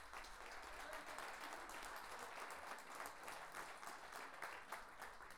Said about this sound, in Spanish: Un aplauso para él.